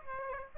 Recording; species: mosquito wingbeat signal from an infrared sensor; Aedes aegypti